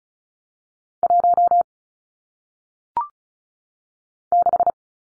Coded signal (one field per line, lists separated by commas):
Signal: Morse code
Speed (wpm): 36 wpm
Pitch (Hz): 700 Hz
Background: none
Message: 1 6